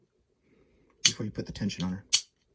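Loaded rifle cartridges are pressed level in an en-bloc clip so each one seats, while someone talks. A sharp transient comes at 1.1 seconds and another burst near 2.1 seconds, but nothing has seated or clicked into place yet.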